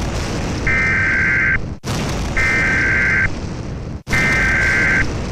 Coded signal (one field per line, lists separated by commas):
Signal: Emergency Alert System (SAME) tones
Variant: header bursts